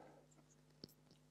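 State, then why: Seated. The swivel head of a Mcoplus VM-D02 universal cardioid microphone turns on its camera-mount body, after a screw that had been blocking it is loosened, over a faint steady low hum and soft turning noises. A single sharp click at 0.8 s marks the head clicking into its detent, where it seats and stays put.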